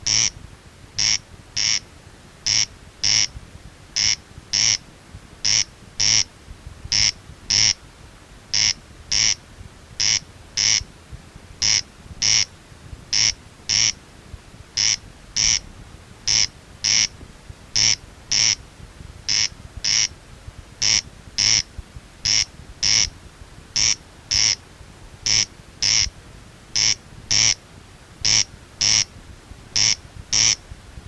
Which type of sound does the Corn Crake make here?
call